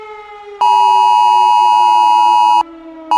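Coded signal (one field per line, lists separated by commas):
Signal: Emergency Alert System (SAME) tones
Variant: 853 and 960 Hz attention tone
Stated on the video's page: Fictional apocalypse EAS scenario with valid EAS tones.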